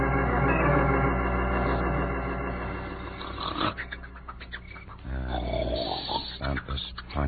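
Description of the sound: He has gone to sleep. They can hear that snore a mile away. Your snoring would have awakened the whole camp.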